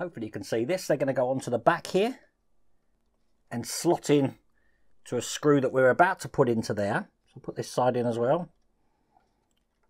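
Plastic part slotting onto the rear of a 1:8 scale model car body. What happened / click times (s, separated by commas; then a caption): The plastic part is being handled but has not clicked into place yet / none. Someone talks while handling a plastic part that is to slot onto the back of a 1:8 scale Dodge Charger R/T model car body, lining it up with a screw about to go in there. The speech comes in bursts with quiet gaps and a faint brief tick near 9.2 s; the part has not seated or clicked into place yet.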